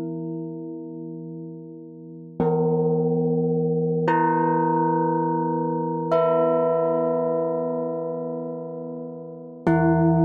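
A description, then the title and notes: A silver plate is struck with a mallet, ringing with a clear metallic tone full of stacked overtones. The strikes land at roughly 2.4, 4, 6 and 9.7 seconds, each a sharp attack that rings on and slowly decays until the next hit. 5Elements - Instruments - Silver Plate - Mallet.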